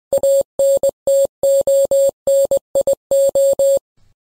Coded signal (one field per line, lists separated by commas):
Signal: Morse code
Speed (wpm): 20 wpm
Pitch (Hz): 550 Hz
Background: none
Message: ANTONIO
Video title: Morse Code Bay in South Carolina